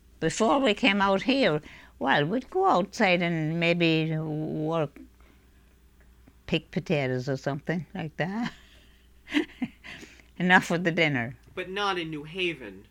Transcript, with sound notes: Before we came out here, we'd go outside and maybe work, pick potatoes or something like that. ( she laughs ) Enough for the dinner.
But not in New Haven.